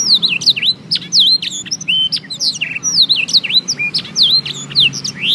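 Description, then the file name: Canary singing a rapid, busy phrase of swooping whistled notes and bright twitters, steady and unbroken throughout, with a soft low background hum. Canary named Obelix Jr, 'full blackthroat': tutored on black-throated canary song. "audio kenari new obelix jr full blackthroat omkicau"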